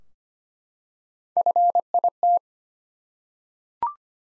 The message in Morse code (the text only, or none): FIT